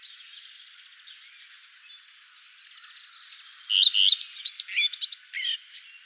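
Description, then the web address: Common redstart song: a phrase of high, varied twittering notes after a quiet start with faint background birds. "vogelstimmen gartenrotschwanz gesang nabu lars lachmann"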